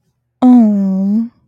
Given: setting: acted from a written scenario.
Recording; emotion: vocal sound without words; sympathy